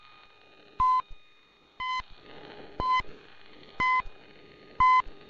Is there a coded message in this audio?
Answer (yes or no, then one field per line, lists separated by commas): no